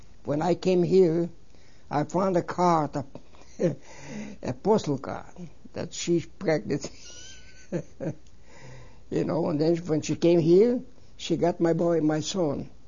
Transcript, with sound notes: When i came here, I found a card, a postal card, that she's pregnant. ( he laughs ) You know, and then when she came here she got my boy, my son,